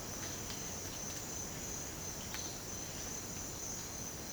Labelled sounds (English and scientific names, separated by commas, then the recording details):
none
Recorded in dense forest near Puerto Asís, Putumayo, Colombia, on 19 March 2025 at 07:30
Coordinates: 0.481, -76.323
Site G088